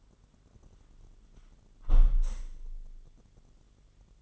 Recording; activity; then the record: daily activity, microphone in the room; close window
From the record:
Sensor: 4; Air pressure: 999.4 hPa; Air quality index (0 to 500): 137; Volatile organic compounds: 3 ppm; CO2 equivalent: 1356 ppm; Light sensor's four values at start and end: 22/54/22/25 and 22/54/22/25